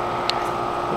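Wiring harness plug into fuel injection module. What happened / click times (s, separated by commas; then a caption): The connector clicked into place / 0.3 s. A wiring harness connector, its locating spike oriented toward the small bridge, is pushed into the fuel-injection module while installing a Power Commander V on a 2019–2021 ZX6R. Over a steady broadband background hum, a single sharp, bright click sounds at 0.3 s. The connector is seated with a good bite.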